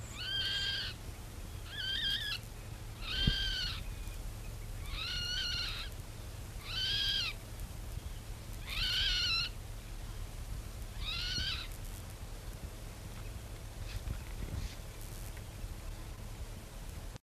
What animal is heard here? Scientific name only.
Rallus aquaticus